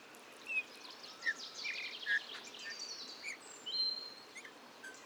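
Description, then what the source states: Eurasian bullfinch soft song of scattered short whistled notes and thin drawn-out high whistles, quiet against background hiss. Male in breeding plumage perched on budding blackthorn, La Sarcena, Drôme, France, 15 March 2020; a few calls then soft, barely audible warble; Nagra Seven recorder with Telinga Pro7 parabola.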